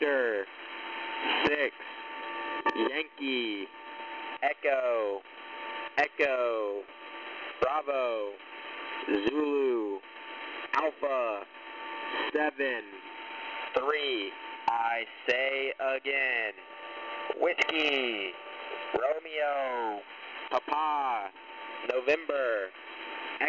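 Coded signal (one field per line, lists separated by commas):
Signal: coded military voice message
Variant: HFGCS EAM, English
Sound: voice reading phonetic-alphabet letters and digits one by one, evenly spaced, over hiss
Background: radio static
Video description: An Emergency Action Message also known as an EAM is used to give orders to units over HF Radio. These messages are encoded and broadcast as needed.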